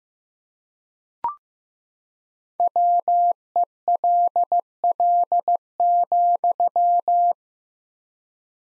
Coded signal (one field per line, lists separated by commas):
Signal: Morse code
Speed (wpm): 16 wpm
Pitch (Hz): 700 Hz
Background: none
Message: WELL,